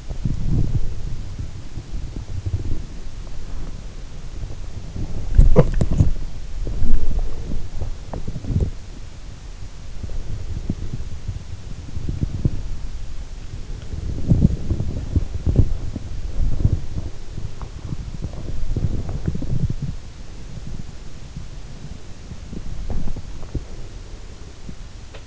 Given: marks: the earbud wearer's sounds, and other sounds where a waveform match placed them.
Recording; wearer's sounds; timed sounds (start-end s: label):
sounds in sleep by an in-ear microphone; body movement
0.00-25.27 s: body movement